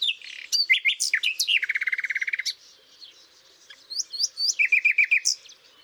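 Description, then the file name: Common nightingale singing a phrase of sharp chirps leading into a fast, even rattle of repeated notes, a short pause, then a series of quick repeated whistled notes. "Luscinia megarhynchos"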